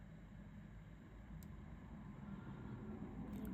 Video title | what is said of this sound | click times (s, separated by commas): Gothic Choker w/ Softflex’s Star Crossed Lovers Kitt | did you hear that little click that was the jump ring going into place | 3.5 s